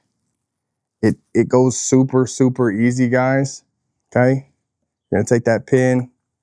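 Someone talks while reassembling a foam cannon after fitting the plunger, handling a metal retaining pin that is about to be pushed into the foam cannon body. Nothing has seated or clicked yet; the clip ends just before the pin goes home.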